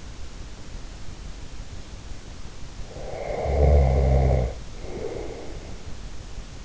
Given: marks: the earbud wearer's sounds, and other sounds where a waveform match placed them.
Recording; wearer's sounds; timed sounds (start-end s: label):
sounds in sleep by an in-ear microphone; snoring breath
2.82-5.83 s: snoring breath